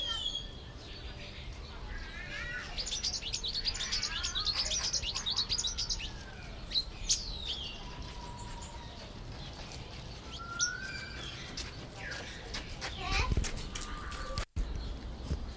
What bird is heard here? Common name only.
Pin-tailed Whydah